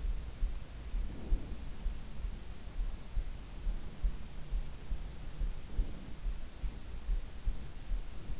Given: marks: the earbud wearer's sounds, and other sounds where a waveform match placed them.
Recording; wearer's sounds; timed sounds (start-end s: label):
sounds in sleep by an in-ear microphone; breath
1.02-1.82 s: breath
5.52-6.37 s: breath